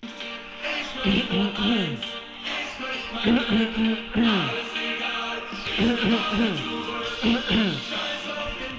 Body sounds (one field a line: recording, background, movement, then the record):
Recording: throat clearing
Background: music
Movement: sitting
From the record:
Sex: male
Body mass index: 20.6 kg/m2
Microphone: on the chest, facing the body